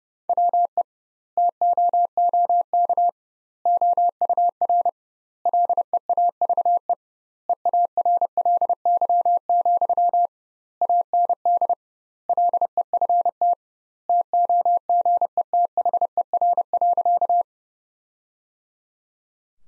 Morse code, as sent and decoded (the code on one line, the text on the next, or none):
.-- . / - --- --- -.- / --- ..- .-. / .-.. . .- ...- . / . .- .-. .-.. -.-- --..-- / .- -. -.. / .-.. . ..-. - / - --- --. . - .... . .-. .-.-.-
WE TOOK OUR LEAVE EARLY, AND LEFT TOGETHER.